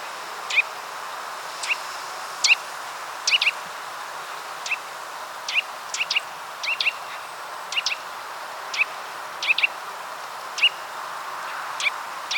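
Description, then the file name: Eurasian nuthatch giving sharp call notes, singly or doubled, spaced irregularly throughout above a low hiss. "Sitta europaea"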